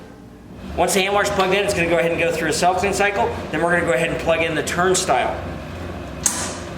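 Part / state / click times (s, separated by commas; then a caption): electric lock in a turnstile / seated / 6.3 s. Someone talks while the power cord of a turnstile is plugged in, and the turnstile's electric lock engages with a sharp click at 6.3 s. The turnstile is now locked against passage.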